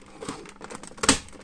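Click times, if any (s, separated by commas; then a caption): 1.1 s. A plastic block from the Mega Voyager combining toy is pushed into place on top of the already-formed robot legs and pelvis, with light plastic handling and scraping taps beforehand. A sharp click at 1.1 s marks the block locking into place, seated.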